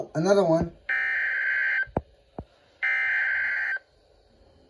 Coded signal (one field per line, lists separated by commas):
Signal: Emergency Alert System (SAME) tones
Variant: header bursts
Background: speech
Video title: EAS #31: Costal Flood Warning